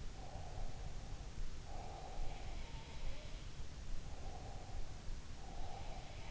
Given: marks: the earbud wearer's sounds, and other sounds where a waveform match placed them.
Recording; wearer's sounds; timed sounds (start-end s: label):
sounds in sleep by an in-ear microphone; breath
0.14-2.74 s: breath
2.50-3.39 s: sound from someone else or the room
4.14-6.31 s: breath